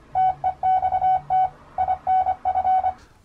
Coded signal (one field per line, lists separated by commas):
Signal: Morse code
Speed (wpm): 25 wpm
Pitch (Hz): 750 Hz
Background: none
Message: TEXT INF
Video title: Arduino CW Decoder